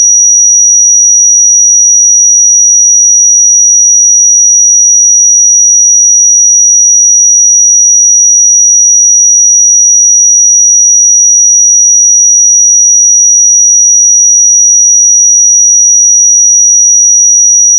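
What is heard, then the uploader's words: A steady, high 5797 Hz pure sine tone holds at one unchanging pitch and level for the whole eighteen seconds, with no other sound. 5797 Hz 1 Hz Interval Sine Pure Tone Frequency 441000 Sample Mono.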